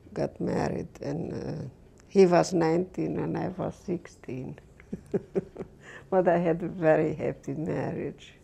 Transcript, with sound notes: got married and uh, he was nineteen and I was sixteen. (She laughs.) But I had a very happy marriage.